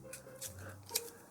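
A plastic tab on the backpack wing section of a transforming action figure is pressed into its slot to lock the wings in place. Faint plastic handling sounds come at about 0.1 s and 0.9 s, then a sharp click at 1.0 s as the tab seats into the slot.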